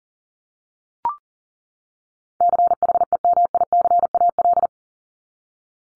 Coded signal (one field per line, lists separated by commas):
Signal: Morse code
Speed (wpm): 40 wpm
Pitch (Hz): 700 Hz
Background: none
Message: CHEMICAL